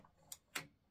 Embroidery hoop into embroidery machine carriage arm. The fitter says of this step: And you should hear it snap easily into place, just as I just did it.